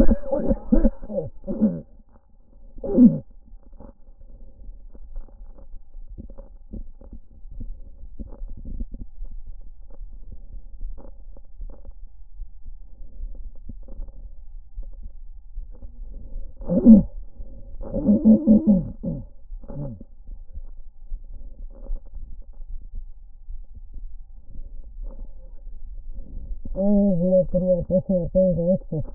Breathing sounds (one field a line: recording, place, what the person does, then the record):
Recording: lung sounds by stethoscope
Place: left posterior basal chest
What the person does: quiet breathing, then cough and speech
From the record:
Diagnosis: pulmonary infection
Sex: female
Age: 74 years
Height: 160 cm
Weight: 66 kg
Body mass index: 25.8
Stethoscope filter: diaphragm mode